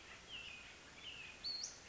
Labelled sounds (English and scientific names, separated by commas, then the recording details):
Western Flycatcher (Empidonax difficilis)
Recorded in Sonoma County, California